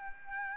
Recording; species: mosquito wingbeat signal from an infrared sensor; Aedes albopictus